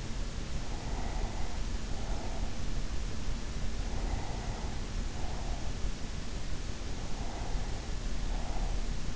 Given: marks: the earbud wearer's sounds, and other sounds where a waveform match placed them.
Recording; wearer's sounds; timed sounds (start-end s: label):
sounds in sleep by an in-ear microphone; breath
0.53-2.76 s: breath
3.73-6.10 s: breath
6.70-9.16 s: breath